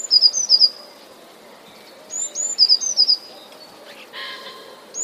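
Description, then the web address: Eurasian blue tit song: high thin notes and a quick trill, repeated after short pauses, with a brief noisy burst near the end. "wroblowe teka spiew. wroblowe teka modraszkoteka"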